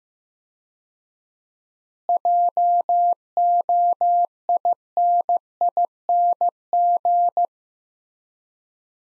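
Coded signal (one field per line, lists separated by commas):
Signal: Morse code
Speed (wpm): 15 wpm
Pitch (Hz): 700 Hz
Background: none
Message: JOINING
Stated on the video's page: Morse practice sets of five words at 15 wpm with 4x word spacing, similar to Farnsworth; each set is sent in Morse then spoken.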